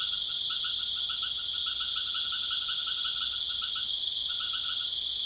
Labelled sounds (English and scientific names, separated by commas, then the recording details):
none
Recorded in pastures near Puerto Asís, Putumayo, Colombia, on 19 March 2025 at 19:00
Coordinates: 0.505, -76.324
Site GP08